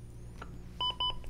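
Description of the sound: Automated external defibrillator in a training simulation sounding a series of short rhythm analysis tones, repeated analysis after 2 minutes of CPR; no shock is advised because the rhythm converted, with enough perfusion during CPR for the heart to pump on its own again.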